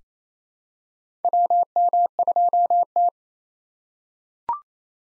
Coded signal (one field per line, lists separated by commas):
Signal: Morse code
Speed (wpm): 27 wpm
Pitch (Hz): 700 Hz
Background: none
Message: WM2T